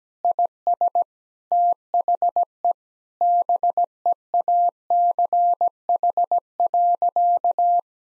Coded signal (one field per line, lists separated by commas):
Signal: Morse code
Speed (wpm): 17 wpm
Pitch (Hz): 700 Hz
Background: none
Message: IS THE BEACH.